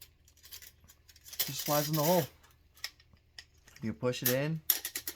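A buffer and spring are pushed by hand into the buffer tube of a lower receiver, past the buffer retaining pin, with short metallic scrapes and taps while someone talks over background music. Nothing has seated yet; the clip ends before the part goes home.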